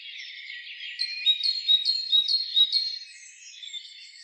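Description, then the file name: Great tit song: several ringing two-note phrases in quick succession over quieter background bird chatter. "Parus major"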